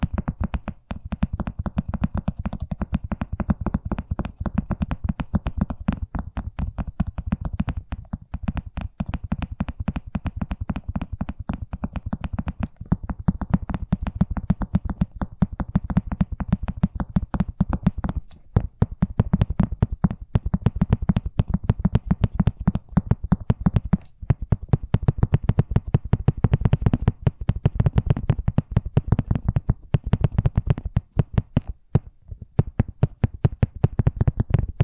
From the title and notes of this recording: ASMR Braingasm Inducing Fast Tapping (No Talking).